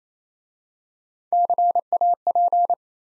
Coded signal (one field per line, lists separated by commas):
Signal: Morse code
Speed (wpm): 27 wpm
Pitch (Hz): 700 Hz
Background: none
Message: CAP